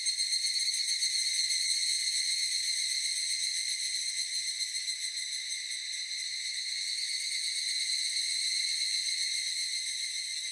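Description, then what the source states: Evening cicada song, a steady ringing metallic drone with fast pulsing and bright high overtones, holding through the whole stretch with slight swells in loudness. Recorded on 18 July 2004.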